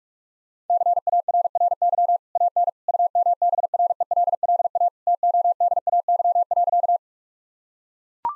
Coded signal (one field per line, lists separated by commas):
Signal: Morse code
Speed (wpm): 41 wpm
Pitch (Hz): 700 Hz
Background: none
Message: CARRY AN UMBRELLA TODAY.